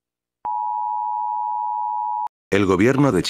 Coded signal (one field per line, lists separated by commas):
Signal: Emergency Alert System (SAME) tones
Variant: 853 and 960 Hz attention tone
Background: speech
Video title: Misiles nucleares en Chile | EAS Scenario